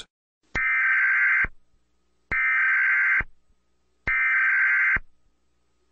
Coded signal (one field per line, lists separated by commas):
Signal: Emergency Alert System (SAME) tones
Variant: header bursts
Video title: WPIX-TV Emergency Alert System - 1980's (Remake)